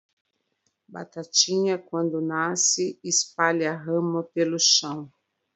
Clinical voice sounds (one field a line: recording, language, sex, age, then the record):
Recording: short text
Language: Brazilian Portuguese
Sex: female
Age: 50 to 59 years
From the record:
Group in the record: control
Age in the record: 56 years